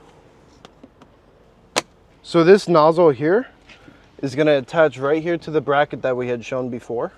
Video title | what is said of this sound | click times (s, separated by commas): OEMExtinguishers’ Porsche 957 Cayenne Installation | And then these just snap into place. | 1.8 s